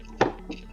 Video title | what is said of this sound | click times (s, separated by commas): ComfyGo Z 4 Portable Mobility Scooter [2024] | and just pop it right into place. And you'll hear a snapping, | 0.2 s